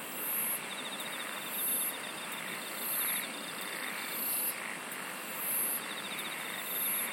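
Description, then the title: Insect chorus, with high buzzing bursts returning regularly, a faint pulsing trill, and a rhythmic swell in the background. "SINGING OF INSECTS"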